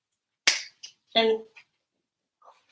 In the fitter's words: hear it click